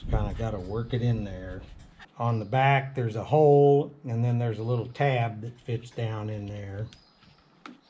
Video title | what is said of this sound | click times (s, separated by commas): Husqvarna K760 Diagnosis, Service & Repair | and you can feel it snap into place. | 7.7 s